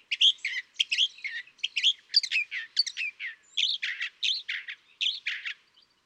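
California thrasher song, a continuous run of varied harsh and rich phrases, chuckles and whistles, each phrase short and loosely repeated, no other sounds.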